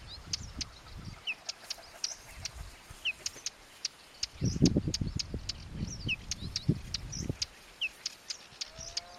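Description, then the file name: Whinchat singing brief high twittering notes and quick slurs at irregular intervals, with repeated sharp clicks and a burst of low rumbling noise midway. "Ruslan Mazuryk - Whinchat (Saxicola rubetra)"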